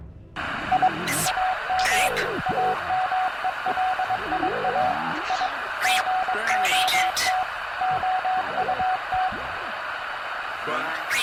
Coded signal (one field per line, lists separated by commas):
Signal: Morse code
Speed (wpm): 22 wpm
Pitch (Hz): 740 Hz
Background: speech, radio noise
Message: I AM AMELIA I GOT OUT